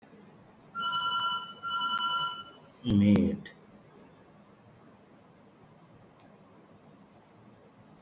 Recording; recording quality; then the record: sustained vowel as in made; poor, much background noise or distortion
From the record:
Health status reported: healthy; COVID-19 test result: not tested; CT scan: not taken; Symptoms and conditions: cough, fatigue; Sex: male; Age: 38 years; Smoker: yes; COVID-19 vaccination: both doses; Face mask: not worn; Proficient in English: yes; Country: India